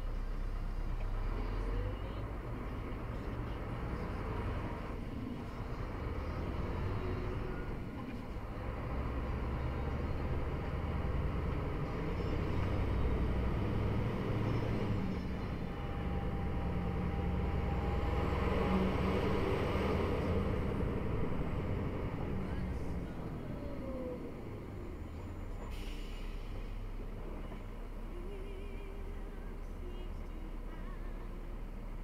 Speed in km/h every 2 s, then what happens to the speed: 6, 12, 13, 12, 17, 25, 30, 28, 28, 17, 29, 14, 3, 0, 0, 2.
0-2 speeds up to 12. 2-7 steady at about 12. 7-11 speeds up to 30. 11-16 steady at about 28. 20-25 brakes to 0. 25-32 standing.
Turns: none.